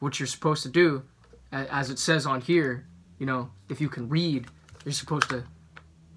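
Someone talks while handling the tethered plastic cap on the neck of a Crystal Geyser water bottle, flipping it back toward its open position against the side of the bottle neck. A brief, faint tick is heard near 5.8 s, but the cap has not yet clicked into place; nothing has seated.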